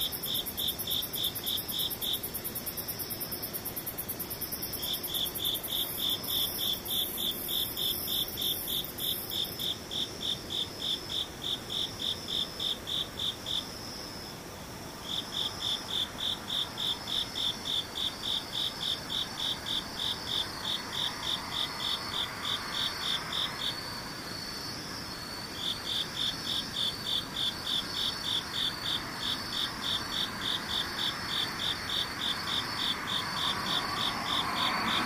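Insects chirp in a fast, regular pulsing trill, high and bright, running almost without pause. The trill stops briefly around 14 seconds and again near 24 seconds, then resumes. A steady high hiss sits above it, fading after about 10 seconds.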